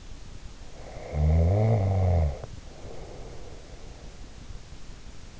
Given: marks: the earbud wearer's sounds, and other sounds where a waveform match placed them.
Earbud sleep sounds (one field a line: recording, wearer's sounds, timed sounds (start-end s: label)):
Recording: sounds in sleep by an in-ear microphone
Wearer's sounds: snoring breath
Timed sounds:
0.78-3.84 s: snoring breath